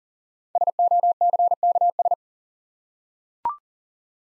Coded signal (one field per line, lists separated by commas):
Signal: Morse code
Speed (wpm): 39 wpm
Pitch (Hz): 700 Hz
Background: none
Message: SOCKS